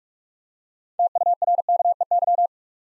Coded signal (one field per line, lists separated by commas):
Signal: Morse code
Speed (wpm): 44 wpm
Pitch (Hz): 700 Hz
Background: none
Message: TURKEY